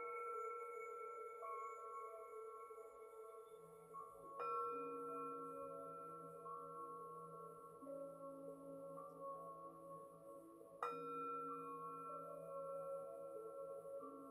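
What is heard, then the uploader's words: Singing bowl tones ring out in long, overlapping sustained notes, with a low hum entering around three and a half seconds. Two sharp strikes, near four and a half and eleven seconds, start fresh rings, while a thin high shimmer persists throughout. MIDI and BOWL sounds 7 mins per chakra.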